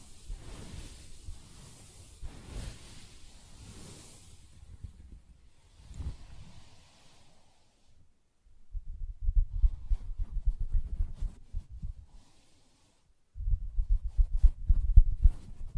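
Soft tapping and scratching on fabric, low muffled rustles in bursts with brief hissy scrapes early on and near-silent gaps between.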